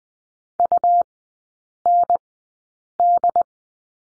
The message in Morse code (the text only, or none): UND